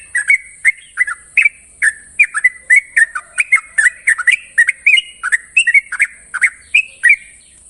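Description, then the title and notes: Yellow-vented Bulbul song of repeated gurgling whistled phrases, closely spaced and lively, accompanied by a continuous high tone. Long rapid trill song style (ropel panjang). "Trucukan Ropel Panjang. Kicau Burung Trucukan"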